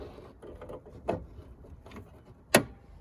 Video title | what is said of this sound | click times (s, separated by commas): How to Replace the Brake Light/Taillight Lightbulbs - 2009 Toyota Corolla | Turn it back, you hear that click, and | 2.5 s